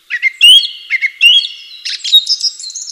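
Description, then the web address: Bird song: continuous high twittering with quick rising whistles and chirps, rich and varied across three seconds, no background sounds. "atelierson sons birds"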